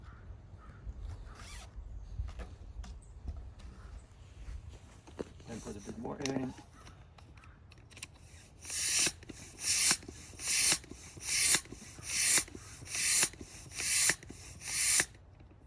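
A bicycle tire with a TPU tube is inflated with a pump on a tubeless-ready rim, with the tire bead being worked onto the rim. Someone talks over soft handling and rubbing sounds, then from about 8.5 seconds there are steady, rhythmic hissing pump strokes. Nothing has seated or clicked yet; the bead has not popped into place by the end.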